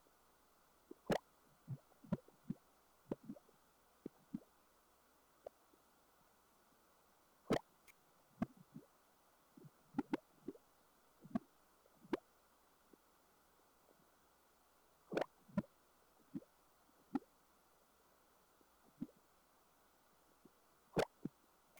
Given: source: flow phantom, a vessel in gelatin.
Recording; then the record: Doppler ultrasound of air bubbles in flowing water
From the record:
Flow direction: away from the transducer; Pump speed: 150 rpm (540 mL/min); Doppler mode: pulsed wave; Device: 7 MHz transducer